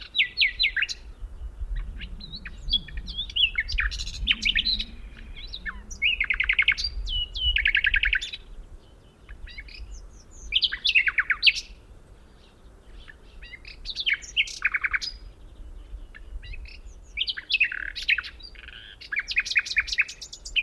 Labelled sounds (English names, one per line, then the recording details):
Common Nightingale song
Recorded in the wild
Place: Albesti, Transilvania, RO
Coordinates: 46.258, 24.86
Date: 1973-04-28 12:50
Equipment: Nagra III BH, Sennheiser MD 21, parabola
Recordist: Schubert, Michael
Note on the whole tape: Gesang Nachtigall